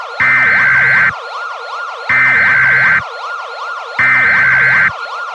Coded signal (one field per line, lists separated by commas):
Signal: Emergency Alert System (SAME) tones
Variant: header bursts